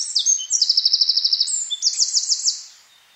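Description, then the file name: Eurasian wren singing: high piercing notes leading into a long, fast, evenly pulsed trill, then a rolling trill that fades out. "Troglodytes troglodytes"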